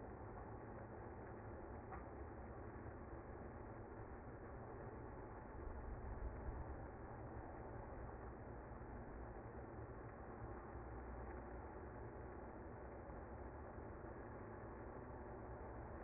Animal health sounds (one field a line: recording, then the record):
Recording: honeybee colony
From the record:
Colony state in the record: active